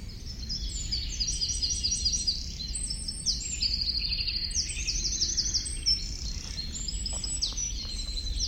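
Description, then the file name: Eurasian wren song: rapid, high, jangling trills and sharp note series, pouring out almost continuously, with a low steady background rumble. "Troglodytes troglodytes"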